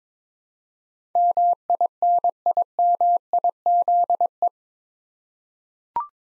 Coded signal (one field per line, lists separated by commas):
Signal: Morse code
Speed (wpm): 22 wpm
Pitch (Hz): 700 Hz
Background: none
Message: MINIMIZE